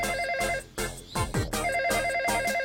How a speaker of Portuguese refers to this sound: Mas porquê que ninguém atende o telefone?